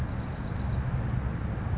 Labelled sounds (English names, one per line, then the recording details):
California Towhee
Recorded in Sonoma County, California